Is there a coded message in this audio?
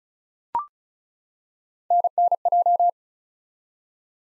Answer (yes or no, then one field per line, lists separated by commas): yes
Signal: Morse code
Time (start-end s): 1.9-2.9 s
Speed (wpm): 36 wpm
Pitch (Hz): 700 Hz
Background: none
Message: NNJ